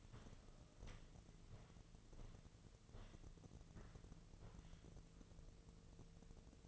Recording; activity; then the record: daily activity, microphone in the room; walk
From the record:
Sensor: 4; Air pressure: 1006.2 hPa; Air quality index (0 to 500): 85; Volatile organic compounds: 2 ppm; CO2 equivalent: 1056 ppm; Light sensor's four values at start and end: 12/27/10/10 and 12/27/10/10